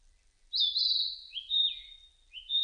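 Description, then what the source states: Narcissus flycatcher song: a bright, high whistled note, then a few shorter falling and sliding whistles in quick succession, in otherwise quiet surroundings. Recorded on 30 April 2005.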